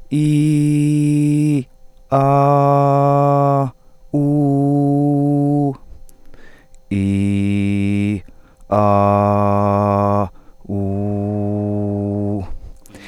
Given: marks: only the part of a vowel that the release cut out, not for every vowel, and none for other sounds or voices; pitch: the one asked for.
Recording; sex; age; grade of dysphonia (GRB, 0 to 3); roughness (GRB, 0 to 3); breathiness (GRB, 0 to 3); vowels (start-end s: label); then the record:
sustained vowels; male; 30 to 39 years; 0; 0; 0
0.20-1.51 s: vowel /i/, high pitch
2.21-3.56 s: vowel /a/, high pitch
4.22-5.62 s: vowel /u/, high pitch
7.01-8.08 s: vowel /i/, low pitch
8.85-10.13 s: vowel /a/, low pitch
10.80-12.30 s: vowel /u/, low pitch
From the record:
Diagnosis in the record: healthy voice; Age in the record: 34 years